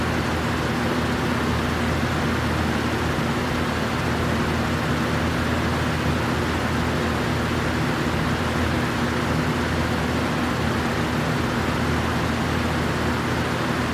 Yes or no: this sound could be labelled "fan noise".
yes